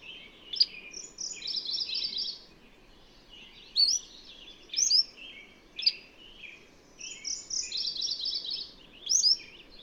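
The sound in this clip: Bird song of rapid buzzy trills and sharp rising chirps in several phrases.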